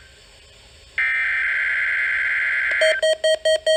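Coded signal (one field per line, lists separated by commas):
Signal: Emergency Alert System (SAME) tones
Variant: header bursts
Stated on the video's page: NOAA Weather Radio Required Weekly Test heard through a weather radio with a newly installed speaker.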